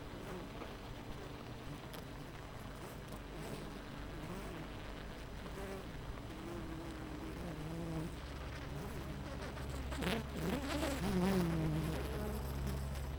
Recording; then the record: honeybee colony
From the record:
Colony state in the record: missing queen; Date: 14 July 2017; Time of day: 8:48